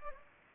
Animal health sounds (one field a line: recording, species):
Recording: mosquito wingbeat signal from an infrared sensor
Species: Anopheles gambiae